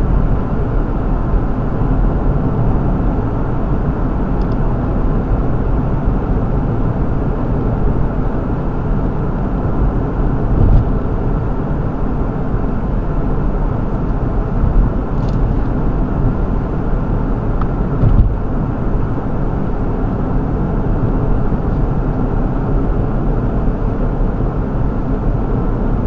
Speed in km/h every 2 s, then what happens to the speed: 63, 63, 63, 63, 61, 61, 61, 61, 61, 61, 60, 61, 60.
0-26 steady at about 61.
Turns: none.